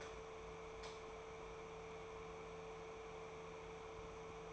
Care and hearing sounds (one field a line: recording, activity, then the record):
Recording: daily activity, microphone in the room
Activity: light on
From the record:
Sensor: 1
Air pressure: 1014.6 hPa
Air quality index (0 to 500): 174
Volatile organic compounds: 14 ppm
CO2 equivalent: 2467 ppm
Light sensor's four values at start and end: 29/74/31/37 and 37/97/40/47